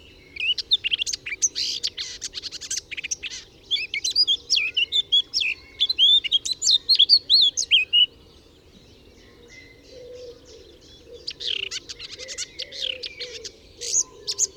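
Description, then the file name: Eurasian blackcap pouring out a rich, jumbled warble with rising and falling fluty notes for about eight seconds, then softer scattered chirps and a brief second warbling burst. "Sylvia atricapilla"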